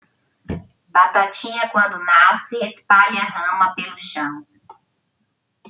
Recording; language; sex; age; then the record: short text; Brazilian Portuguese; female; 50 to 59 years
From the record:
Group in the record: control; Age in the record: 57 years